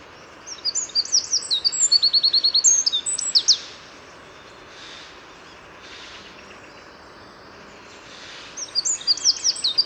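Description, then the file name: Eurasian wren song: a burst of rapid, high-pitched notes and trills lasting several seconds, then a long quiet gap before another strident phrase begins. "Troglodytes troglodytes"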